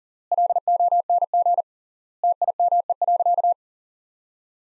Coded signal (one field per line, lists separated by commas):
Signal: Morse code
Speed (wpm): 40 wpm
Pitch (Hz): 700 Hz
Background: none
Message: LONG TIME.